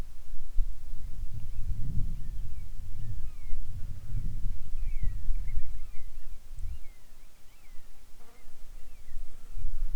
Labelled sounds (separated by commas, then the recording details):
seabird, wind, insects
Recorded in the Arctic National Wildlife Refuge, Alaska, on 7 July 2019 at 18:58
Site 41